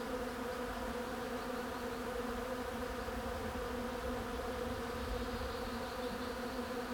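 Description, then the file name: Bees buzzing, a steady dense hum with strong even harmonics, sustained without a break throughout. "abeilles"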